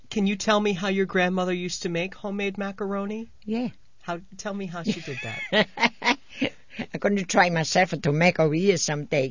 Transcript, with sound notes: Can you tell me how your grandmother used to make homemade macaroni?
Yeah.
How, tell me how she did that?
( she laughs ) I'm going to try myself to make over here some day.